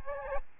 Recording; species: mosquito wingbeat signal from an infrared sensor; Aedes albopictus